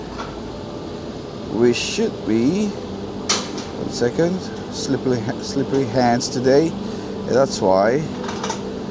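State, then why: Not seated. Someone talks while handling a wireless microphone clip at its holder on a camera rig, retrying after fumbling with slippery hands, with faint handling noises under a steady low hum. Nothing has seated or clicked yet.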